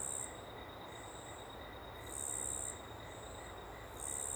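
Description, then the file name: Cricket produces high-pitched trilling pulses, loud bursts with fainter chirps between, set against a continuous river rush. Small open woodland ambience with a river in the background; cricket very prominent on the left channel. "Ambiente em Pequena Mata Aberta e Rio ao Fundo com Grilo bem Presente na Esquerda"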